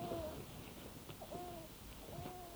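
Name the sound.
baby crying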